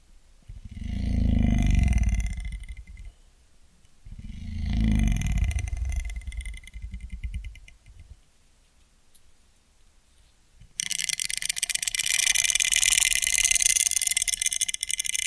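Ear cleaning triggers: two slow, swelling rubs with a deep muffled rumble and light crackle, each lasting about two seconds. A quieter stretch of soft clicks and taps follows, then at around eleven seconds a dense, bright, steady crackling hiss starts abruptly and runs to the end.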